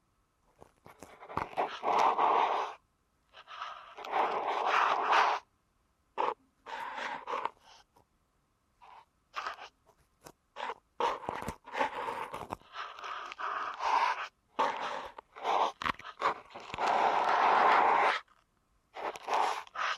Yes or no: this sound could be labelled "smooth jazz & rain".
no